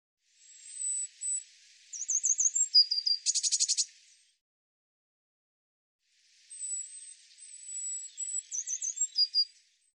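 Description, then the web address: Eurasian blue tit calls, thin very high notes followed by a short buzzy scolding churr, then after a pause another series of high thin notes. "cianscape birddata Deverinetal 2025 File cleaned normalized Bird Cy Ca"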